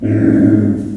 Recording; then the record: squeal of a Yucatan mini pig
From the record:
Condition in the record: after surgery on the right vocal fold (resection and tissue-engineered implant); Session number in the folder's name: 4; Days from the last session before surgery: 26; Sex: female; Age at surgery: 19 weeks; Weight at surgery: 25 kg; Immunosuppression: prednisolone